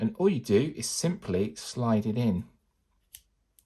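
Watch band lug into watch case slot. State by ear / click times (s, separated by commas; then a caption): seated / 3.1 s, 3.6 s. Someone talks, then a deep navy silicone sport band's metal lug is slid into the band slot of an Apple Watch case. Two sharp clicks come at 3.1 s and 3.6 s as it locks into place, tight and secure.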